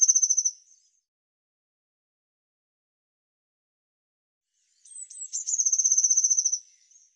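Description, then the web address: Eurasian blue tit with the end of one high, rapid trill, a long silence, then thin high notes running into another quick, even trill of about a second. "cianscape birddata Deverinetal 2025 File cleaned normalized Bird Cy Ca"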